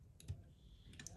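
A small internal ribbon connector is pushed back into its socket on the board inside an opened PS4 controller. After a few faint ticks of handling near 0.2, 0.3 and 0.9 seconds, two short, sharp clicks land at 1.0 and 1.1 seconds as the connector plugs back in and seats.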